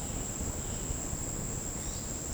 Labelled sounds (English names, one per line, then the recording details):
none
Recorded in secondary vegetation near Puerto Asís, Putumayo, Colombia, on 13 March 2025 at 10:00
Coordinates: 0.481, -76.318
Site G097